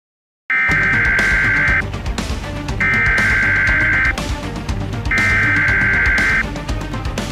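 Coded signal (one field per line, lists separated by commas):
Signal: Emergency Alert System (SAME) tones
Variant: header bursts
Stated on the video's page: Fictional PDS Tornado Watch scenario for an invented place.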